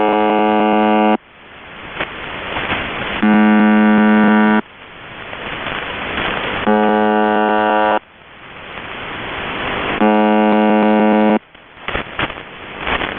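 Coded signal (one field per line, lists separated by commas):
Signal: channel marker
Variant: UVB-76 (The Buzzer)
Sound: four short harsh low buzzes about every 3.4 seconds, with hiss in between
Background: radio static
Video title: The Buzzer (4625khz) - Live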